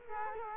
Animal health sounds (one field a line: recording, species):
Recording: mosquito wingbeat signal from an infrared sensor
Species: Culex quinquefasciatus